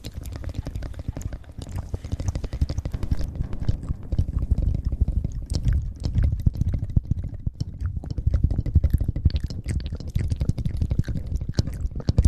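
Fast mouth sounds run without pause: dense, rapid wet clicks and smacks over a low rumble, with occasional whisper-like hiss.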